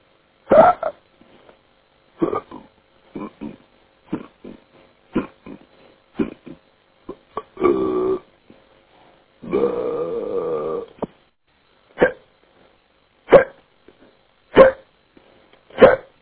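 Short abrupt gulping bursts recur irregularly, about 48 a minute, with two longer voiced sounds between: hiccups in an adult man, heard over a phone message.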